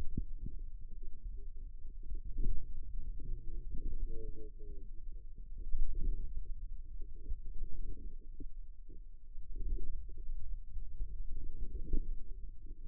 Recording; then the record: forearm muscle sounds (acoustic myography)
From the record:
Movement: finger pinch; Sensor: system 2, bracelet of six BSWA MPA416 microphones around the upper forearm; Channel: 5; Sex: male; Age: 22 years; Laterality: right